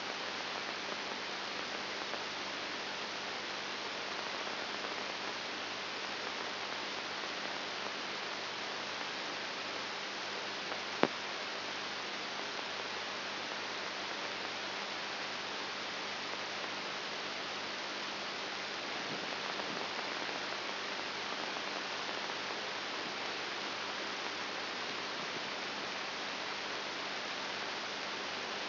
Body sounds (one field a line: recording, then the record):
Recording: brain microelectrode recording played as sound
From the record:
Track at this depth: inside the subthalamic nucleus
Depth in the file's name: 5.901 mm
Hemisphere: left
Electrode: 3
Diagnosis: Parkinson's disease